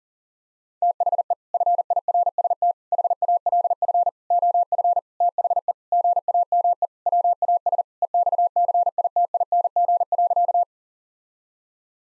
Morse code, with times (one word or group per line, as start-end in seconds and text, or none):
0.8-1.3 THE
1.5-2.7 FIRST
2.9-4.1 HALF
4.3-5.0 OF
5.2-5.7 THE
5.9-6.9 GAME
7.1-7.8 WAS
8.0-10.6 EXCITING.